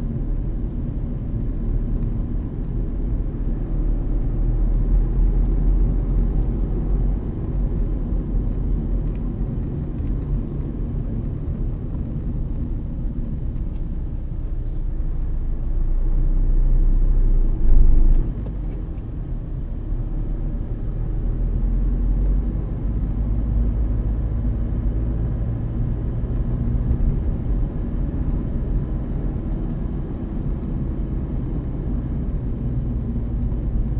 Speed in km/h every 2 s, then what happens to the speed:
27, 29, 32, 33, 29, 23, 13, 15, 18, 16, 19, 23, 28, 31, 32, 29, 24.
0-6 speeds up to 33. 6-12 slows to 13. 12-19 steady at about 15. 19-26 speeds up to 31. 29-34 slows to 24.